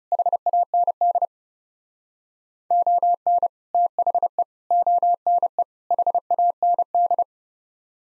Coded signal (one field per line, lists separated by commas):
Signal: Morse code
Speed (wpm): 35 wpm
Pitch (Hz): 700 Hz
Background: none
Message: HAND ON THE ONE HAND